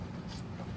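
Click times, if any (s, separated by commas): none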